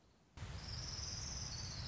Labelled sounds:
Orange-crowned Warbler
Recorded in Sonoma County, California

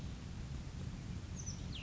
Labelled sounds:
Oak Titmouse
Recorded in Sonoma County, California

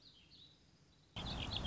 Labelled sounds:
Warbling Vireo
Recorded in Sonoma County, California

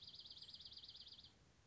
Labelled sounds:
Dark-eyed Junco
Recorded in Sonoma County, California

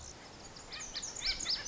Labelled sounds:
Lazuli Bunting
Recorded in Sonoma County, California

